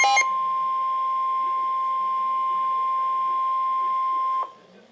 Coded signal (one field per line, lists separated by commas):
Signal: Emergency Alert System (SAME) tones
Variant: 1050 Hz attention tone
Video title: Severe Thunderstorm Warning - EAS #265